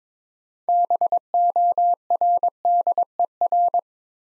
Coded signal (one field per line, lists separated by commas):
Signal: Morse code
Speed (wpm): 22 wpm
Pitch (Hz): 700 Hz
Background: none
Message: BORDER